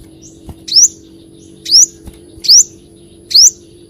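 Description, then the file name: Leafbird song: sharp rising whistled notes repeated about once a second, four in total, over a steady low hum. "Tieng chim xanh tim"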